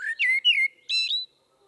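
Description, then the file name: Common blackbird song: three mellow slurred whistles in quick succession, ending on a higher, buzzier note. "Turdus merula"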